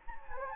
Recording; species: mosquito wingbeat signal from an infrared sensor; Anopheles gambiae